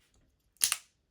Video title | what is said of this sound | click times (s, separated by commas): How to Change Pods - Hayati Pro Ultra+ 25k | You can't do it wrong. And it will click. | 0.6 s, 0.7 s